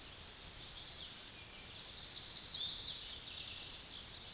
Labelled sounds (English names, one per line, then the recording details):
Chestnut-sided Warbler song
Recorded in a Pennsylvania forest on 16 May 2024 at 06:18
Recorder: AudioMoth, point MSD-2429
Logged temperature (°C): 16.7 °C
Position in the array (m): 71 m, 63 m